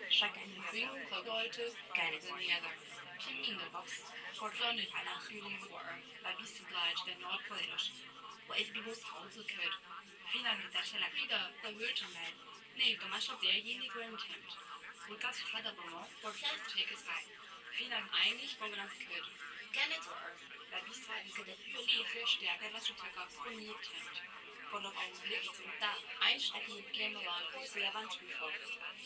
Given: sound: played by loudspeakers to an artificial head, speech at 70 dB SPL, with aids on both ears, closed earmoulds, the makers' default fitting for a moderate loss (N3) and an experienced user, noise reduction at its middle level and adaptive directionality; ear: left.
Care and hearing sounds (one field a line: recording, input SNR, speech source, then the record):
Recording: speech test signal (ISTS) in cocktail-party noise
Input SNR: +3 dB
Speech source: on the right (90 degrees)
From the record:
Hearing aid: class 1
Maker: I